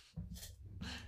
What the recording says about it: In the sun. He just snores. He just breathes really heavily. The haunting gasping breath in the background, it's my 10-year-old dog Albie, and he's okay. He's just sleeping very heavily.